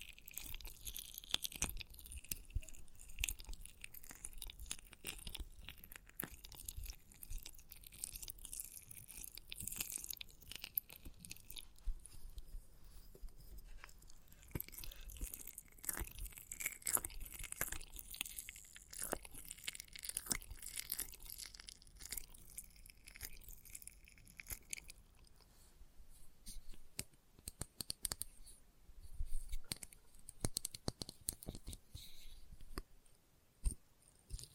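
Dense, crackly clicking and crunching from test tubes continues throughout, bright and busy with many rapid taps, briefly sparser near twenty-five seconds.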